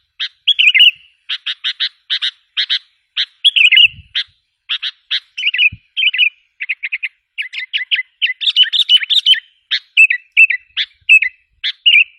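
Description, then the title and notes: Sooty-headed bulbul song: fast series of sharp chips and short bubbly warbled phrases, kept up almost without a break. "Kicau Burung Kutilang"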